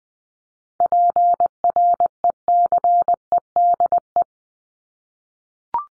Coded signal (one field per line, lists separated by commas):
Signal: Morse code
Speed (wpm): 20 wpm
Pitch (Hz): 700 Hz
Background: none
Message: PRECEDE